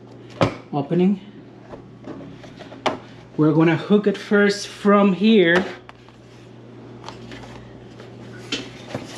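A GE dishwasher's user interface control board assembly is handled and hooked in at one end of the opening in the dishwasher door's control console, with its plastic tab not yet pushed in. Sharp knocks are heard at about 0.4 s and 2.9 s and lighter taps later, while someone talks. Nothing has seated or clicked into place yet.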